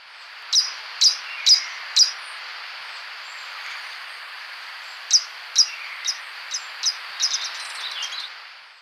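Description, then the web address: Brown violetear giving sharp, high chips in short runs, about two per second, with a pause midway, then a quicker, softer series. Recorded in Ecuador. "Birds of Ecuador. Brown Violetear"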